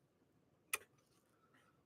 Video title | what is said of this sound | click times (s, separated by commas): PART 2 -..Schmetz Double Eye Needle used on a RARE 1963 Husqvarna Viking 19E owned by Michelle! | listen for that little click as you're putting it in we'll go ahead and manually | 0.7 s